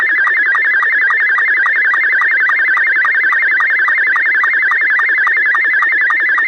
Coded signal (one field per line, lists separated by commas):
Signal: SSTV (slow-scan television)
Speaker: Slow Scan TV Net? This is Rick, KC8LOQ. Please call now.